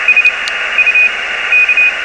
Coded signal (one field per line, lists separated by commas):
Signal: Morse code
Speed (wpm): 29 wpm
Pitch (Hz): 2500 Hz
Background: radio noise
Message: S U K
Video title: r1cbu software on XIEGU X6100 ham radio! ft8 no pc